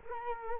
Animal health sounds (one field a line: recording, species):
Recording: mosquito wingbeat signal from an infrared sensor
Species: Culex quinquefasciatus